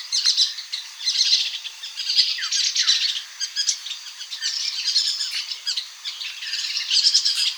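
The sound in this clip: Striated yuhina calls: dense, high twittering chatter with short squeaky notes and quick downslurred chips, without pause.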